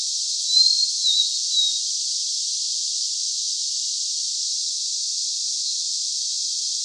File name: Cyanoptila cyanomelana